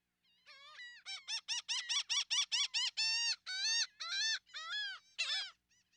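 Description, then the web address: Laughing gull laughing call, a rapid run of short nasal notes that lengthen and slow into drawn-out, arched cries near the end. "Wildlife Identification By Sound, Western North America. Laughing Gull"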